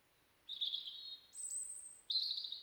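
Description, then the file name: European robin song: three thin, sustained whistled notes, the middle one highest, separated by brief pauses. "Erithacus rubecula"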